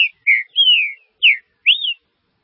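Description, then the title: Green-winged saltator giving a few clear whistled notes: a short note, a long falling slur, a short downslur, then a final arched whistle. "Trinca Ferro"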